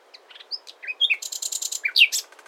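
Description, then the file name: Common nightingale song: assorted thin whistles and chirps, then a fast buzzy rattle of repeated notes and a few loud swooping whistles. "Luscinia megarhynchos"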